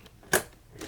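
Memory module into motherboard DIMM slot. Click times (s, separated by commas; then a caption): 0.3 s. A DDR4 memory stick is pressed into a motherboard DIMM slot until the retention latch closes. A sharp, broadband click rings out at 0.3 s, followed by a softer, duller sound near 0.8 s. The stick is seated in the slot.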